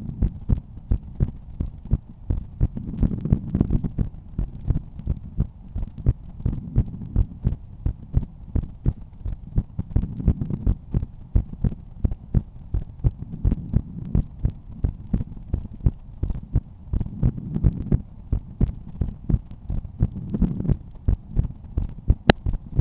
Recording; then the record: heart sounds by stethoscope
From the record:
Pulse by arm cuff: 82 bpm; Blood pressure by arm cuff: 120/80 mmHg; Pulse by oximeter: 82 bpm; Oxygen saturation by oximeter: 98%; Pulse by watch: 86 bpm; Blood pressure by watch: 114/75 mmHg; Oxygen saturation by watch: 94%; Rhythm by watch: sinus rhythm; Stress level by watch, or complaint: low stress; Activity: after 5 min smoking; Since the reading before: plus 100 steps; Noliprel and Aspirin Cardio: after pills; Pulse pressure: 40 mmHg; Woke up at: 6:50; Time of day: 21:50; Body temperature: 36.6 C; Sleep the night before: 8 h 16 min, score 66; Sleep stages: REM 20%, light 64%, deep 6%, awake 10%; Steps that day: 6850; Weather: rain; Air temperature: 17.3 C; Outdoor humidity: 90%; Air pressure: 1010 hPa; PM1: 1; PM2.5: 2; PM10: 3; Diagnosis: hypertension, treated with Noliprel and Aspirin Cardio 100 mg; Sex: male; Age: 53 years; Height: 174 cm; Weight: 81 kg